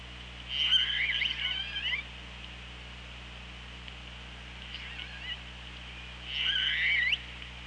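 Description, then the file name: Killer whale calls, bursts of warbling, squeaky tones at about one, five and six and a half seconds, with quiet hum between them. Recorded by OrcaLab hydrophone on 24 August 2017 at 15:39. "Orca Lab 20170824 153922 ORCALAB"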